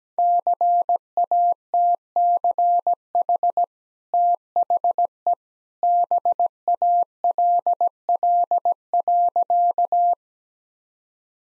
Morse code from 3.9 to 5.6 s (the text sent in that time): THE